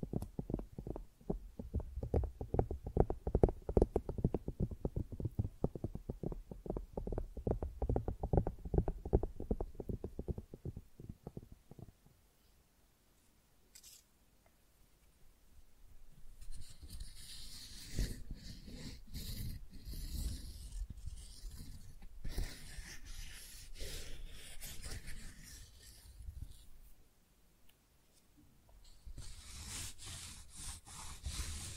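Tingly flower sounds, starting with about twelve seconds of dense, quick crackling and rubbing that is low and full. After a brief quiet stretch, brighter, hissy rustles and crisp brushing take over from around sixteen seconds, coming in bursts with a short pause near twenty-seven seconds.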